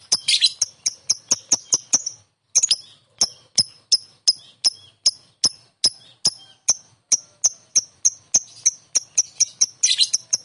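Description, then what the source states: Lovebird chirps, sharp high clipped notes repeated roughly three times a second, with a brief pause early on and a few busier, harsher bursts. Konslet song style.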